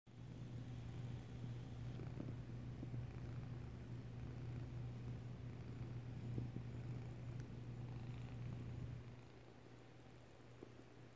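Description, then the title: Domestic cat purring, a steady low rumble running continuously for about nine seconds before fading, with faint soft rustles over it. Solicitation purrs given while the cat kneads. "cat solicitation purrs and kneading"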